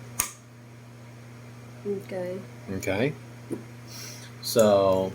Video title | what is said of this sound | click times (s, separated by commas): MAKITA SCROLL SAW SJ401 - WOOD CRAFT - WOOD CUTTING ART DESIGN | you can actually hear a click | 0.2 s